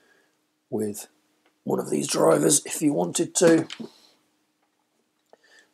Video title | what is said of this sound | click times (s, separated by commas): Gedore 39 Piece 1/4 Drive Impact Ratchet Set | That would go in there, but it doesn't lock in place. | none